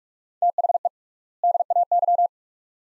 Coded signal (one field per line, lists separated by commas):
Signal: Morse code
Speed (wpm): 47 wpm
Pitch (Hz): 700 Hz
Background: none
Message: THE DAY